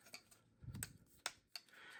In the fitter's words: All right, well, that one clicked in place.